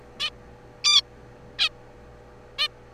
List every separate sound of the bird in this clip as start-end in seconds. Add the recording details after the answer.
0.20-0.30, 0.84-1.02, 1.59-1.69, 2.58-2.68. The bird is a juvenile. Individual R3428